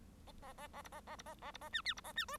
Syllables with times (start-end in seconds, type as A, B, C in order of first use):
0.27-0.32 A, 0.42-0.53 A, 0.57-0.67 A, 0.73-0.82 A, 0.84-0.89 B, 0.92-1.00 A, 1.07-1.16 A, 1.18-1.23 B, 1.25-1.34 A, 1.42-1.51 A, 1.53-1.57 B, 1.61-1.69 A, 1.72-1.81 C, 1.84-1.94 D, 1.96-2.01 B, 2.04-2.12 A, 2.16-2.25 C, 2.28-2.37 E